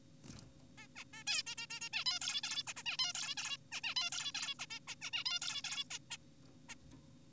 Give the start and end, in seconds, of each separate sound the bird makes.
0.78-0.88, 0.96-1.04, 1.13-1.24, 1.28-1.43, 1.47-1.55, 1.58-1.66, 1.70-1.80, 1.81-1.89, 1.93-2.04, 2.06-2.19, 2.22-2.41, 2.44-2.63, 2.67-2.74, 2.77-2.83, 2.86-2.97, 2.99-3.13, 3.15-3.35, 3.37-3.57, 3.72-3.81, 3.84-3.94, 3.96-4.10, 4.12-4.32, 4.35-4.55, 4.60-4.66, 4.71-4.80, 4.88-4.95, 5.02-5.11, 5.13-5.24, 5.26-5.39, 5.42-5.62, 5.64-5.84, 5.91-5.99, 6.11-6.17, 6.69-6.75